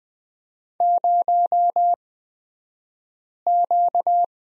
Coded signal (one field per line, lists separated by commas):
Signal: Morse code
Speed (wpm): 20 wpm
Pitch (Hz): 700 Hz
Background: none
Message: 0Q